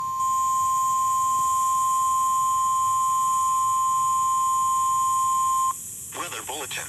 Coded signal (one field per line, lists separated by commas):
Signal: Emergency Alert System (SAME) tones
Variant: 1050 Hz attention tone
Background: speech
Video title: EAS #1,846 Online NOAA Weather Radio Severe Thunderstorm Warning (From PBZ) 4/29/25